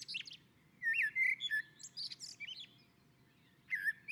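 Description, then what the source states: Common blackbird singing: a fluty warbled phrase breaking into thin high chatter, then a fresh phrase starting near the end. On a roof.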